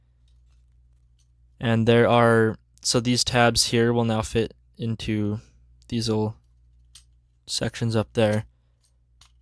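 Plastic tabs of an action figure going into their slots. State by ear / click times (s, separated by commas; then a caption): seated / 9.2 s. Someone talks while pushing the plastic tabs on the back section of a Transformers Studio Series SS-10 Jazz figure into small slots during its robot-to-car transformation. A short, sharp click at 9.2 s marks the tabs seating in place.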